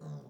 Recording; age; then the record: pig call; piglet (1 to 25 days)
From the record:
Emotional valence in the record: negative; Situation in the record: short isolation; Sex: female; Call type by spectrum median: low-frequency call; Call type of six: low-frequency stable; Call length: 0.30 s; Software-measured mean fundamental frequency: 49 Hz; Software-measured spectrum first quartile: 149 Hz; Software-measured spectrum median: 200 Hz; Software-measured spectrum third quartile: 518 Hz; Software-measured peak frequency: 149 Hz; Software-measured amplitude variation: 87 dB a second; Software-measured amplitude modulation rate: 10.0 a second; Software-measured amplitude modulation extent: 8.7 dB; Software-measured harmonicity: 4.0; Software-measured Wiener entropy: -0.04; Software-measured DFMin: 1610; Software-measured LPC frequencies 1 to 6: 3840, 5130, 6063, 6851, 7696, 8732 Hz